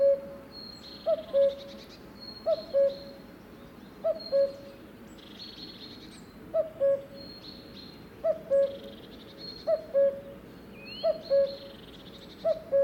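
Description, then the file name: Cuckoo calling a two-note cuck-oo, the second note lower, repeated several times with one longer pause, with thin high whistles from other birds behind. "minutes of cuckoos"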